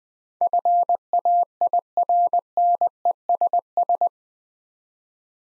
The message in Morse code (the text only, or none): FAIRNESS